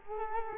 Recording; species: mosquito wingbeat signal from an infrared sensor; Culex quinquefasciatus